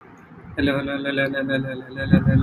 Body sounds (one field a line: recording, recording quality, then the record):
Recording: shallow breathing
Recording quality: poor, much background noise or distortion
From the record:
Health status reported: COVID-19 positive, mild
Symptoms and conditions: none ticked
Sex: male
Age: 26 years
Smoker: not ticked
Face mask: not worn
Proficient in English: yes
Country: India